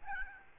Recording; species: mosquito wingbeat signal from an infrared sensor; Aedes albopictus